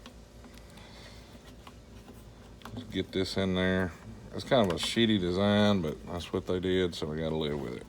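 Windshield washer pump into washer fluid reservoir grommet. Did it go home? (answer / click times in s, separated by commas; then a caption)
no / none. A replacement windshield washer motor/pump for a Kenworth T680/T660 is being worked toward its rubber grommet hole in the plastic washer fluid reservoir, with faint handling ticks at about 0.1, 0.6 and 1.7 s. Someone talks from about 2.7 s to the end. The pump has not popped in or seated yet.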